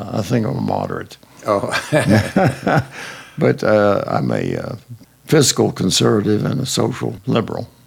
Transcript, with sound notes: But I think I'm a moderate.
Oh! (Laughing)
But I’m a fiscal conservative and a social liberal.